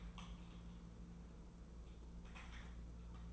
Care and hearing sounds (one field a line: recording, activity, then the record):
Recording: daily activity, microphone in the room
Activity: typing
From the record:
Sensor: 1